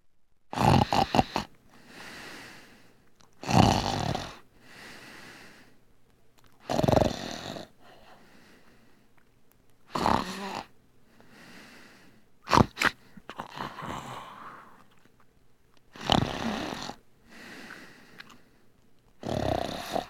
Daily life snoring sound.